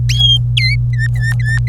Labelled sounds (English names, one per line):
Domestic Canary song